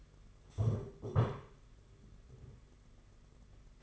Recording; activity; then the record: daily activity, microphone in the room; stand up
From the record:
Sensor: 4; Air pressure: 992.5 hPa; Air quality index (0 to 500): 117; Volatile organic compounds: 26 ppm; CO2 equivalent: 2871 ppm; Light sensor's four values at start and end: 20/72/26/28 and 20/72/26/27